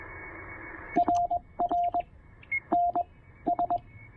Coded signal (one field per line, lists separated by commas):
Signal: Morse code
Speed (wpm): 21 wpm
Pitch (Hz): 700 Hz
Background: radio noise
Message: RR NS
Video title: POTA Lunch Box Radio: Pairing the Penntek TR-45L and the Elecraft AX1